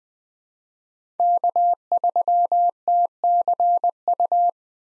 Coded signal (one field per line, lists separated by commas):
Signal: Morse code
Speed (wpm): 20 wpm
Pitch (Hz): 700 Hz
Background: none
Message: K3TCU